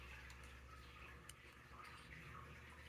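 A second wire terminal pin is pushed back into a headlight connector housing on a Polaris Scrambler 1000 S in the swapped position. Over a steady low background hum, a sharp, brief click sounds at 1.3 s as the pin seats. A tug test confirms it is in tight.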